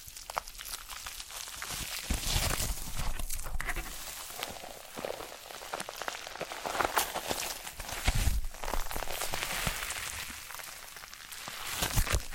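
Foam is being massaged and squeezed, giving a dense, continuous wet crackle and hiss with squeaky, bleat-like rubbing tones. The texture swells and eases irregularly, with fuller bursts and soft low thumps near 2, 8 and 12 seconds.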